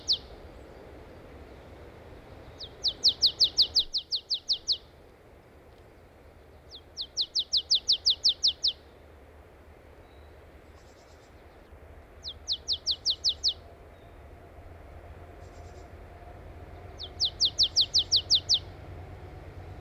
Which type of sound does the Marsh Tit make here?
song